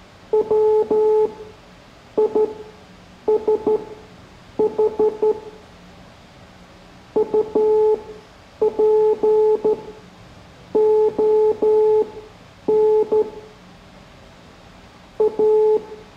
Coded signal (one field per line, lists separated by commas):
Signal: Morse code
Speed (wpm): 13 wpm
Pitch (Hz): 430 Hz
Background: none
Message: WISH UPON A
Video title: Morse Code Class 05